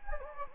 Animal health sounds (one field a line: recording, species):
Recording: mosquito wingbeat signal from an infrared sensor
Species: Anopheles gambiae